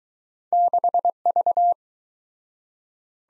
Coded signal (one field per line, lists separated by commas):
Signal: Morse code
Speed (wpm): 20 wpm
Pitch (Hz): 700 Hz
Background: none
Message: 6V